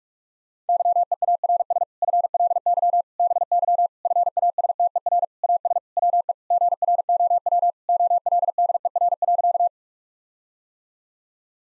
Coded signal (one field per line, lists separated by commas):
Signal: Morse code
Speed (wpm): 46 wpm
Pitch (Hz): 700 Hz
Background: none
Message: YEARS FLY BY FASTER AS WE GROW OLDER.